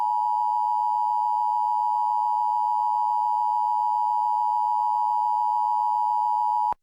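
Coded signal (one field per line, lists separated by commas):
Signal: Emergency Alert System (SAME) tones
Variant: 853 and 960 Hz attention tone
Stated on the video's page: Required Monthly Test relayed by a Seattle TV station, captured directly from its stream through a TV app in a web browser.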